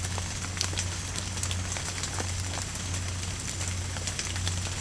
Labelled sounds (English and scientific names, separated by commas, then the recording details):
none
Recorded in pastures near Puerto Asís, Putumayo, Colombia, on 15 December 2024 at 04:00
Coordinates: 0.505, -76.324
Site G063